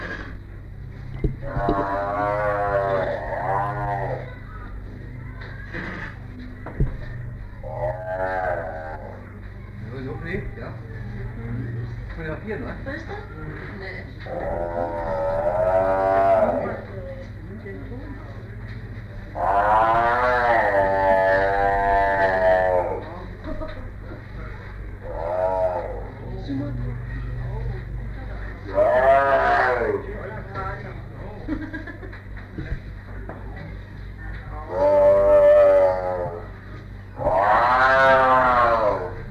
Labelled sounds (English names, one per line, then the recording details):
Tiger
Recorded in captivity
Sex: pair
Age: adult
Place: Tierpark Berlin, Berlin, DE
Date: 1959-05-28 10:00
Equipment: Smaragd
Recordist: TSA